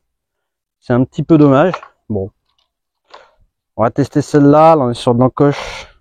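An archer handles a plastic arrow nock at the bowstring of a Bucktrail Élite Meridian 62" recurve bow, about to snap it on; the nock is found to clip on very hard, with retention too strong for the string. Someone talks throughout, with a few faint short ticks around 2.5 s, 2.6 s and 3.2 s. Nothing has seated or clicked yet.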